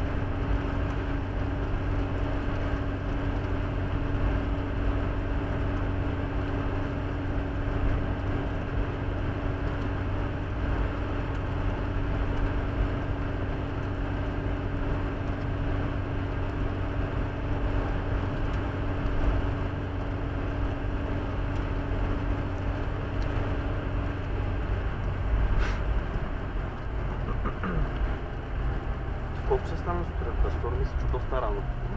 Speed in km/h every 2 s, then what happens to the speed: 87, 88, 87, 87, 88, 88, 89, 89, 88, 88, 88, 87, 88, 84, 79, 74.
0-24 steady at about 88. 24-32 slows to 74.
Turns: none.